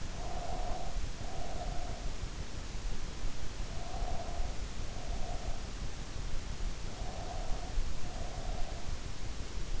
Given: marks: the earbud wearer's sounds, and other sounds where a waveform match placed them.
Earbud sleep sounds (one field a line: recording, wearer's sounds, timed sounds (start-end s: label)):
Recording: sounds in sleep by an in-ear microphone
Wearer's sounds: breath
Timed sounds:
0.00-2.21 s: breath
3.51-5.67 s: breath
6.91-8.99 s: breath